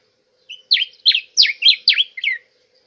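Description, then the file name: Diuca finch song: a rapid string of several whistled, slurred notes, starting and ending with softer ones. "Canto da diuca"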